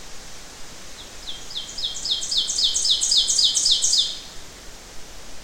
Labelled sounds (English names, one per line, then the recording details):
Ovenbird song
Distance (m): 10 m
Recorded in boreal forest in Alberta, Canada, on 12 June 2016 at 06:05
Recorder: SongMeter 3, array SBT-3-18
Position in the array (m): 68 m, 310 m
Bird 32